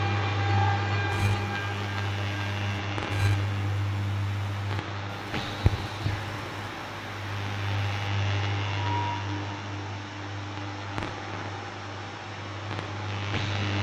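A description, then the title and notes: Electromagnetic noises picked up by an ether-listening device form a dense, crackling wash over a loud, steady low hum. Bursts of bright hiss come and go in the first eight seconds, sharp pops land near 5.5 and 11 seconds, and brief thin tones surface faintly. Mixed recordings of an "Soma Ether" device, arranged as song.Only Ether-Sounds, plus FX. The "melodies" are mostly power adapters.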